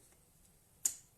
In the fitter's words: until you hear that click, and then it's on there.